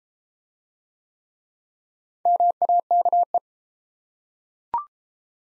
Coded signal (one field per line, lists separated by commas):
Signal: Morse code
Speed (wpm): 31 wpm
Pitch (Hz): 700 Hz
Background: none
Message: MAKE